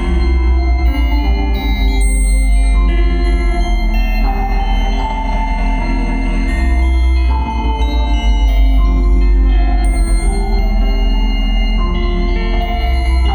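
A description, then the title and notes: Broken bells ring in layered, sustained tones with a heavy low hum underneath that swells and fades in slow waves. Bright metallic overtones shimmer above, with new strikes or shifts in pitch arriving every couple of seconds, keeping the sound dense and steadily loud. Bells On Broken Weels. Just another broken bells from my collection...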